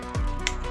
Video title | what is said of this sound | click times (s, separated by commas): 40th Anniversary Voltron Red and Green lions. | till it clicks and then bam there you got have all these guys | 0.5 s